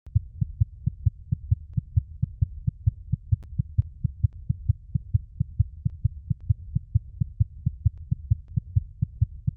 Fetal heart sounds in lower left quadrant.